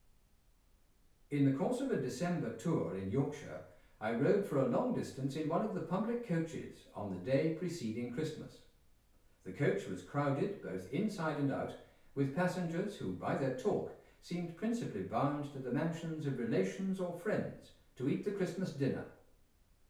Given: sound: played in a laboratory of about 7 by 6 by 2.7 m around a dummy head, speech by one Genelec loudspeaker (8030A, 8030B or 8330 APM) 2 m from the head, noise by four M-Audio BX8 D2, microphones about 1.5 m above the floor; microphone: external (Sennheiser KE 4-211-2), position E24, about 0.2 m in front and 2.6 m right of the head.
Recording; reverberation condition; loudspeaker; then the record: male speech in English; medium; 120 degrees to the left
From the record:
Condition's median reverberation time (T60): about 510 ms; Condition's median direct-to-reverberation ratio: about -0.5 dB